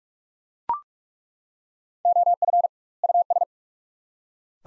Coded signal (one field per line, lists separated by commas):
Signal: Morse code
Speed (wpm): 42 wpm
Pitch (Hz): 700 Hz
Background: none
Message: OF US